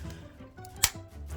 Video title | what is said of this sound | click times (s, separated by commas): The Peak of Transformers - Transformers Haslab Robots In Disguise 2001 OMEGA PRIME - Carno | actually clicks into place. And this is what's gonna lock the torso like this. | 0.8 s